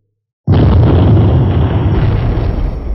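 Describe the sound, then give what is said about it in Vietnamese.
After a moment of silence, a sudden loud explosion booms out as the ground splits open, its deep, heavy rumble rolling on and echoing through a valley, fading only slightly over the next few seconds. “Tiếng nổ không ngừng vang vọng sơn cốc, mặt đất lập tức nứt ra từ chỗ hai tay của Hàn Lập”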